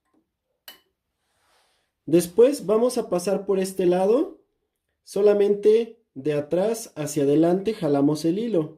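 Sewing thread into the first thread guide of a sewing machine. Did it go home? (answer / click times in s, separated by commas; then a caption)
yes / 0.7 s. On a Brother ST371HD sewing machine, thread held in both hands is pulled into thread guide number 1 to wind the bobbin, and it snaps into the guide with a sharp click at 0.7 s. After a pause, someone talks for the rest of the clip.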